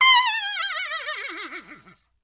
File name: Horse Whinny. Kelly Richmond